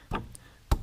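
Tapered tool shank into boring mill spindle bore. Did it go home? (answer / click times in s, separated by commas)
no / none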